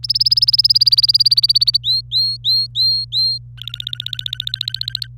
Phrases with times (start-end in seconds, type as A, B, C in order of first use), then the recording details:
0.03-1.77 A, 1.83-3.38 B, 3.58-5.07 C. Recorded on 25 April 2018 at 16:41. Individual llb3